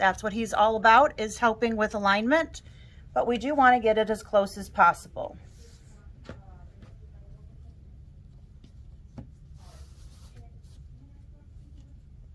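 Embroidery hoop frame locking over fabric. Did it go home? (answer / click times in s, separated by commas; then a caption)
no / none. Someone talks for the first five seconds while fabric is positioned in an embroidery hoop, followed by quiet handling with a few faint, brief taps around 6.8 s, 8.6 s and 9.2 s. The hoop frame is being pressed together over the fabric to lock it, but nothing has seated or clicked yet.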